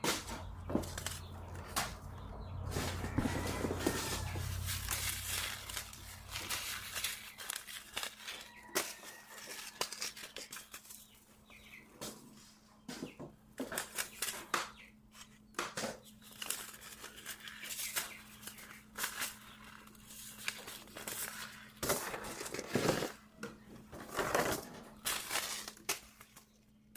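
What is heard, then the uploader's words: Packets of seeds are shuffled and sorted, giving dense papery rustles and crinkles for the first few seconds, then scattered handling taps and rattles through the rest. A low steady hum runs underneath throughout, with a deeper rumble fading out around six seconds. Sorting Seed packets. Sorting packets of seeds.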